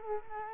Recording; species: mosquito wingbeat signal from an infrared sensor; Culex quinquefasciatus